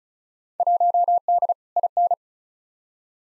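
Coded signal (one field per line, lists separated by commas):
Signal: Morse code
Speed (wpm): 36 wpm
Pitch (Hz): 700 Hz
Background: none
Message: 1D IN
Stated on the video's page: Morse practice drill of simulated Field Day exchanges at 35 wpm, each sent, spoken, then sent again.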